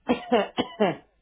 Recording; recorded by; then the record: voluntary cough; telephone call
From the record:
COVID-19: positive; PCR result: checked with the laboratory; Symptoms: no